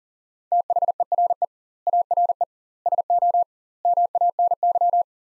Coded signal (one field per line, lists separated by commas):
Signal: Morse code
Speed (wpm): 40 wpm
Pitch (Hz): 700 Hz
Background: none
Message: THERE ARE SO MANY